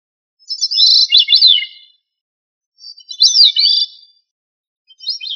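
Thrush song of clear, fluty phrases with looping up-and-down notes, three phrases spaced by quiet gaps of roughly a second.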